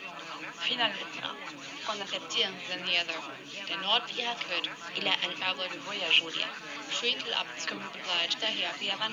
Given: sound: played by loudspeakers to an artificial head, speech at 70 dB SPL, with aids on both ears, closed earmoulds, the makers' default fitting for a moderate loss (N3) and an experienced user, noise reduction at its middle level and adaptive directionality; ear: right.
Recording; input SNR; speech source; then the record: speech test signal (ISTS) in cocktail-party noise; -3 dB; on the right (90 degrees)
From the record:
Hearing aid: class 1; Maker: G